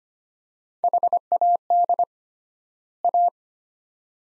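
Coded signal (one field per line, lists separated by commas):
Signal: Morse code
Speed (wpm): 25 wpm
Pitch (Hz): 700 Hz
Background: none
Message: HAD A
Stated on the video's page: Morse practice drill of two-word phrases at 25 wpm with 3x word spacing, a Farnsworth-like method; each set sent in Morse, spoken, then sent again.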